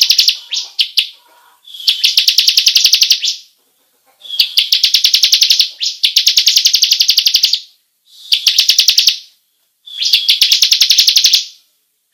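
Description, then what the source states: Bar-winged prinia song of high, rapidly pulsed rolling phrases of one to a few seconds, with a few short chips at the start and quiet pauses between. Long rolling song style called ngerol panjang.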